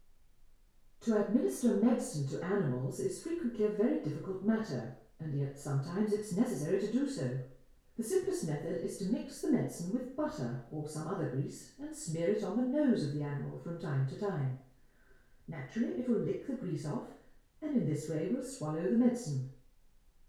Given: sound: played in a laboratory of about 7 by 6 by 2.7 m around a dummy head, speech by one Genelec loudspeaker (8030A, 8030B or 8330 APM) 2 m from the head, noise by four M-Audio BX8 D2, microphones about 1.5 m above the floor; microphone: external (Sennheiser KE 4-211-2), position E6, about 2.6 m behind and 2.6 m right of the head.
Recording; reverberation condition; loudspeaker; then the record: female speech in English; medium; 150 degrees to the right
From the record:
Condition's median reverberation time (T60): about 510 ms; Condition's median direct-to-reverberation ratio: about -0.5 dB